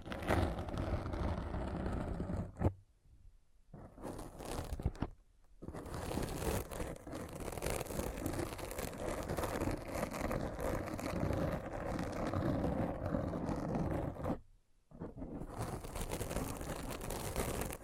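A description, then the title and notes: Dense, rough scratching noise runs throughout, heavy in the low and middle range, broken by abrupt silences near 3, 5 and 14.5 seconds. Thorough Brain Scratch.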